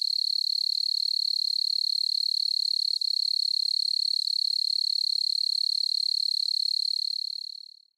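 Hime-koorogi cricket song: a fast, even pulsing trill on one high pitch, with a faint overtone above, fading out at the very end.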